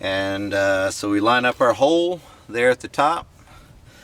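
A man talks while lining up the top hole of a pole saw attachment's metal shaft with the split-shaft coupling of a Baokaler GRM520 5-in-1 multi-function 52cc brush cutter. Only his speech and faint handling noise are heard. Nothing has seated or clicked yet.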